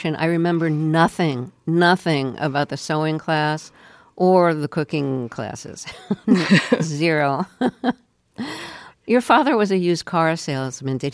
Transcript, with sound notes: I remember nothing, nothing about the sewing class or the cooking classes - zero (laughter). Your father was a used car salesman.